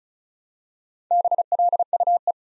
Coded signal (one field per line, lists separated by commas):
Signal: Morse code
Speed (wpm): 36 wpm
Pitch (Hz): 700 Hz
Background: none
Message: BLUE